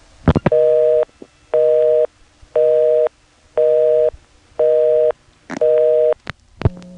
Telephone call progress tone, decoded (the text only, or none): busy tone